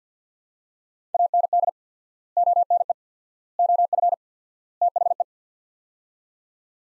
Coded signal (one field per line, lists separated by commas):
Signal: Morse code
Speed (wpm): 50 wpm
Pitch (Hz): 700 Hz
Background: none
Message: AND ONE OF THE